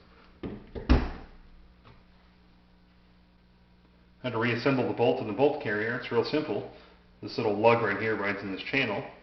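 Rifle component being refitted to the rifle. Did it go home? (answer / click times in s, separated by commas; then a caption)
yes / 0.9 s. On reassembly of an AK-47 rifle after field stripping, a component goes back on the same way it came off, then slides down and pops into place. Several short hits sound at about 0.4, 0.8, 0.9 and 1.9 seconds, the loudest at 0.9 seconds being the part seating. Afterward someone talks.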